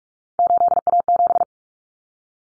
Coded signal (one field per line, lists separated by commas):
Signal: Morse code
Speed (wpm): 44 wpm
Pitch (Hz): 700 Hz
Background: none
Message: 8A7